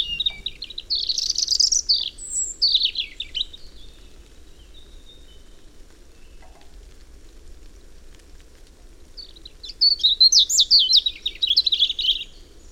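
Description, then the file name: European robin song, two separate phrases of high liquid trills and thin whistles, with a quiet pause of several seconds between them. "Erithacus rubecula"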